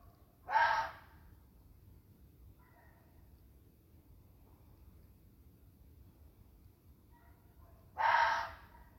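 Fox producing two hoarse, rasping screams about seven seconds apart, with faint notes in the quiet gap between them.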